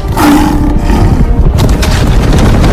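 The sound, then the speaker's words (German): A tiger lets out a loud, drawn-out roar lasting nearly three seconds, starting with a harsh growling tone and staying a continuous low rumble throughout, with no one speaking. “Oh nein! Ein Tiger!”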